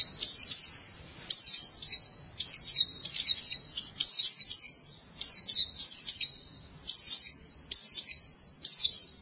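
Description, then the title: White-eye giving short, high, sharp chip notes in twos and threes, repeated in a series. "Kicauan Burung Pleci"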